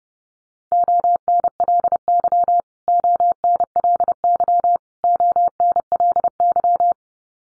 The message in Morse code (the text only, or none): ONLY ONLY ONLY